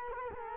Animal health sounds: mosquito wingbeat signal from an infrared sensor; Culex quinquefasciatus

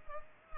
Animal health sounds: mosquito wingbeat signal from an infrared sensor; Culex pipiens

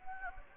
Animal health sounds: mosquito wingbeat signal from an infrared sensor; Anopheles gambiae

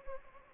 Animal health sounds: mosquito wingbeat signal from an infrared sensor; Anopheles gambiae

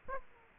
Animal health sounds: mosquito wingbeat signal from an infrared sensor; Aedes aegypti

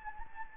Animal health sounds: mosquito wingbeat signal from an infrared sensor; Anopheles gambiae

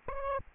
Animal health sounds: mosquito wingbeat signal from an infrared sensor; Aedes albopictus

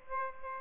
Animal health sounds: mosquito wingbeat signal from an infrared sensor; Aedes aegypti

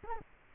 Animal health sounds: mosquito wingbeat signal from an infrared sensor; Culex quinquefasciatus

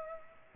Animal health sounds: mosquito wingbeat signal from an infrared sensor; Culex pipiens

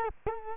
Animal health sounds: mosquito wingbeat signal from an infrared sensor; Culex quinquefasciatus

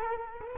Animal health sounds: mosquito wingbeat signal from an infrared sensor; Culex quinquefasciatus

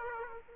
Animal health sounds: mosquito wingbeat signal from an infrared sensor; Aedes aegypti

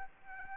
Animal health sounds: mosquito wingbeat signal from an infrared sensor; Anopheles arabiensis

